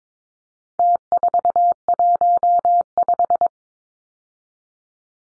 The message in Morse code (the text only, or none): T415